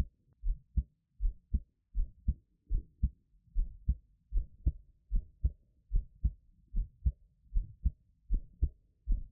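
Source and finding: Heart, close up. Normal heartbeat.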